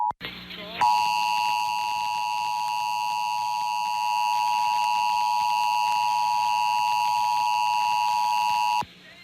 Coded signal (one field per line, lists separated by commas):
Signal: Emergency Alert System (SAME) tones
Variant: 853 and 960 Hz attention tone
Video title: WMDT-DT2 Emergency Alert System - Required Monthly Test (March 29, 2023)